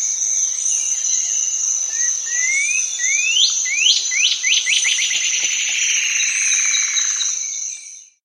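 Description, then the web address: Cinereous antshrike song, a series of rising whistled notes that start slow and speed into a rapid accelerating trill, over a steady high hum. South America. "Natures Songs S America Cinereous Antshrike"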